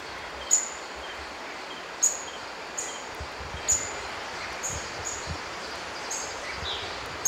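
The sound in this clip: White-browed foliage-gleaner calling with short, piercing high notes repeated every one and a half seconds or so, with a longer gap before the last, a few fainter notes between, against constant background hiss.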